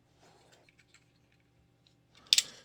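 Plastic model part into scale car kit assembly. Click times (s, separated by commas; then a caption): 2.3 s. A plastic part of a 1:8 scale Porsche 917KH model car kit is pressed onto its mounting, with faint handling rustles and light taps for the first two seconds. A sharp, loud click at 2.3 s, followed closely by a smaller one at 2.4 s, marks the part snapping into place.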